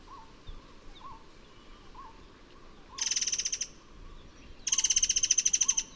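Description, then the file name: White-rumped shama: two rapid rattling trill bursts, the later one longer and louder, with a soft low wavering note repeating steadily between them. "burung murai besi murai cai murai air mancur"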